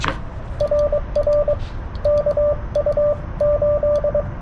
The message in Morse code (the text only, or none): RR KU8